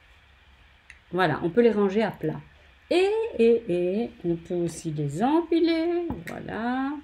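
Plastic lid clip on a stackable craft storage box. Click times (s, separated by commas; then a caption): 0.9 s. A plastic lid clip on a stackable craft storage box is snapped shut, giving a short, sharp click at 0.9 s so the lid is seated. Someone then talks.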